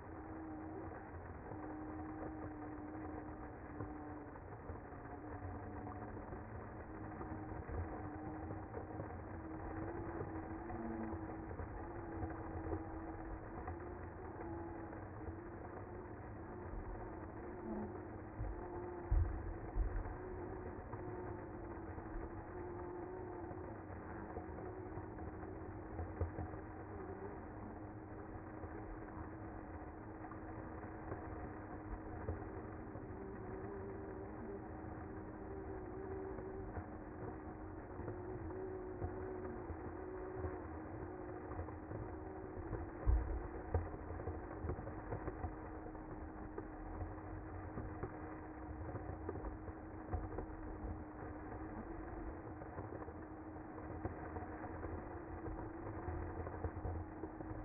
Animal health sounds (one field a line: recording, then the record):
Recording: honeybee colony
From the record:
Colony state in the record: active